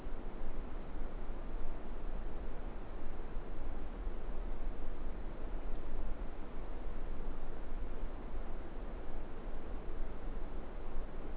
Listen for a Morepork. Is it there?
no